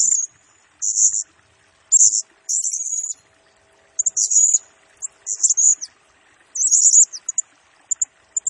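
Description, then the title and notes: Blue-crowned hanging parrot song: shrill, very high chirps and short buzzy trills in uneven bursts, with brief pauses between phrases. Lure and master-tutor song for training birds; bird described as gacor (in full, chatty song), singing in the nembak (rapid, shooting) style. "Burung Serindit Nembak Gacor Bikin Emosi Semua Burung. Suara Nasteran Dan Pemikat Burung Serinditan Gacor"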